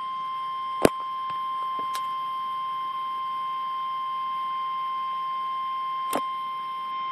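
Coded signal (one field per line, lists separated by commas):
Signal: Emergency Alert System (SAME) tones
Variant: 1050 Hz attention tone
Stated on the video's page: Severe thunderstorm warning on NOAA Weather Radio transmitter KHB37 serving Hampton Roads and northeastern North Carolina, during a small severe weather outbreak.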